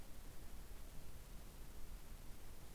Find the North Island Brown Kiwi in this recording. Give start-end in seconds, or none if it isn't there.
none